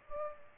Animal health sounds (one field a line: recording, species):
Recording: mosquito wingbeat signal from an infrared sensor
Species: Aedes aegypti